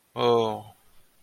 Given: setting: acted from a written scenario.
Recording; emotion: vocal sound without words; awe